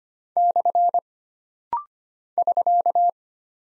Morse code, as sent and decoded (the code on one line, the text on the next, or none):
-..-. / ...-.-
/ <SK>